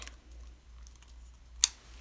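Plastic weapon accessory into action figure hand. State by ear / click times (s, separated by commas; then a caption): seated / 1.6 s. A plastic weapon accessory is pushed into the hand of a plastic action figure. Faint ticks and light handling sounds come before one sharp, bright click at 1.6 s. The weapon seats firmly in the figure's hand.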